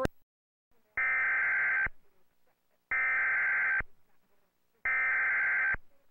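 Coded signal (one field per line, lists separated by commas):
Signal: Emergency Alert System (SAME) tones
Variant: header bursts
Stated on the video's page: Real tornado warning aired on a TV station in North Carolina, originally taped off television.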